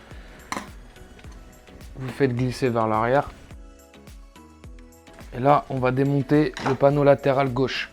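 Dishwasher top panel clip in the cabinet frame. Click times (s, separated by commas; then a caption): 0.5 s. Someone presses the small plastic retaining clips on the left and right of a Bosch dishwasher's top panel, set in the cabinet frame, while lifting the top, then slides it backward. A sharp clip release is heard at 0.5 s, and the worktop clip lets go, freeing the panel. Someone talks while the panel is handled, with soft, faint knocks in between.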